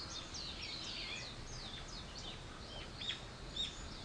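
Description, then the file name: Bird calls, scattered high slurred chirps and a few sharp notes from several birds, with a soft noisy background. "wild bird"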